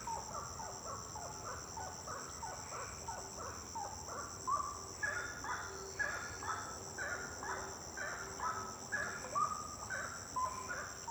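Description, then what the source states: Birds calling in overlapping bursts, short bent notes about once a second that grow stronger midway, with a constant shrill high hum behind them. Birds singing at night; intense song.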